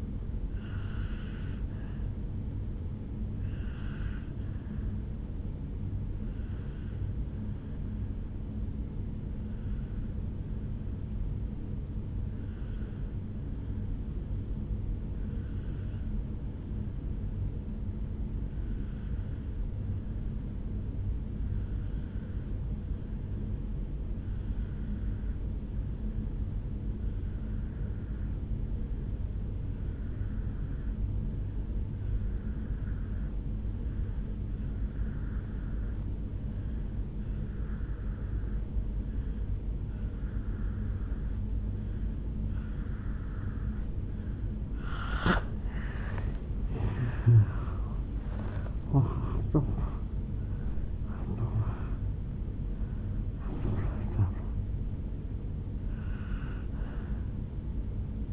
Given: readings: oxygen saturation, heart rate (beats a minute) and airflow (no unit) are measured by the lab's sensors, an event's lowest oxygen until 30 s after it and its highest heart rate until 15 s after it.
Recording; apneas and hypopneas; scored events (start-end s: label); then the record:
breathing in sleep by a smartphone at the bedside; 1
9.00-44.50 s: obstructive apnea (N1, oxygen 96% highest, then 84% lowest, heart rate 56 at the start, 79 highest)
14.00-44.00 s: new sleep stage, N2 (light sleep)
44.00-58.33 s: new sleep stage, N1 (lightest sleep)
From the record:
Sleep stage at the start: N1 (lightest sleep); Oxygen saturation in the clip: 85 to 96%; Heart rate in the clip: 56 to 79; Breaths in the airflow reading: 6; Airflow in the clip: -11.8 to 9.7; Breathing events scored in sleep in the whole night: 449 in 7.0 hours asleep